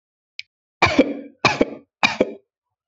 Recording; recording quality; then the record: shallow voluntary cough; excellent, no background noise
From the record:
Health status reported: healthy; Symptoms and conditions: none ticked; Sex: female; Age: 24 years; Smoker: not ticked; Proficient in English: yes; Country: India